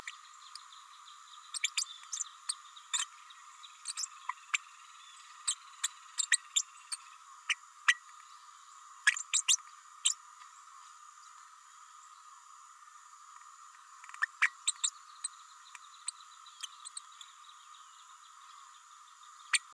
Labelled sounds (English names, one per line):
Green-rumped Parrotlet babbling